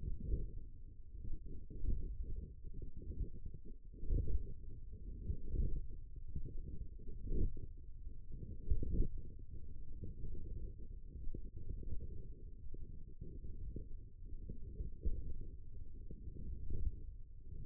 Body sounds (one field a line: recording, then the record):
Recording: forearm muscle sounds (acoustic myography)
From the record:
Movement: wrist flexion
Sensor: system 1, eight BSWA MPA416 microphones around the upper forearm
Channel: 7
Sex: female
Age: 20 years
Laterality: right